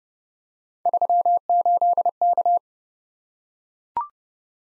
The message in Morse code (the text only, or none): 38K